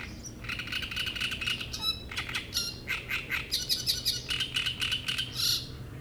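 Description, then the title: Great reed warbler song, a continuous run of harsh, croaking, squeaky notes, each syllable repeated in quick rhythmic groups, steady and loud throughout. Reed bed at Chatillon beach, Chindrieux, France; harsh, strident song; a migrant that comes from Africa and can sing day and night. "Roselière plage Chatillon, Chindrieux, France - Rousserole turdoïde"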